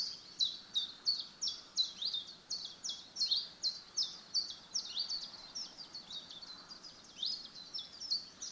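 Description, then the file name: Common chiffchaff song running throughout: many high, dry notes repeated at a quick pace, over light background hiss. "Tjiftjaf"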